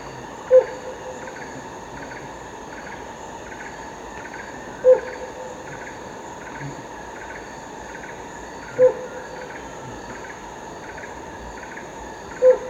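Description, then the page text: Helmeted Hornbill hooting call: four loud, hollow hoots spaced roughly four seconds apart, with a constant background of rhythmic insect chirring. Recorded at Danum, Borneo, on 1 April 2006. "DANUM 20060401. Sound of Helmeted Hornbill at Danum by EDWARDS, David - Borneo Bird Images"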